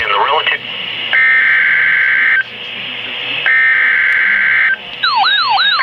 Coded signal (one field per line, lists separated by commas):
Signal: Emergency Alert System (SAME) tones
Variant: header bursts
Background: speech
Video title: EAS #268 - Severe Thunderstorm Warning